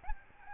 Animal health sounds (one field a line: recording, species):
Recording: mosquito wingbeat signal from an infrared sensor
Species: Aedes albopictus